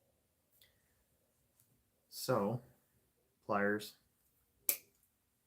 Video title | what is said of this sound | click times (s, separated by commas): HobbyPlex Afterhours - 03-01-2023 - Building The TLR 22 5.0 | hear the snap we're good to go | 4.7 s